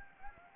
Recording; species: mosquito wingbeat signal from an infrared sensor; Anopheles gambiae